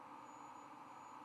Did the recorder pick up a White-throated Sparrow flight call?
no